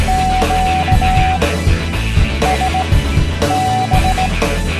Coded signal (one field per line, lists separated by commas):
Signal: Morse code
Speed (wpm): 19 wpm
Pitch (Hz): 750 Hz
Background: music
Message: QSB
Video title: MFJ Product Overview Part 1 of 3 Dayton Hamvention 2012 by HamRadioReview.net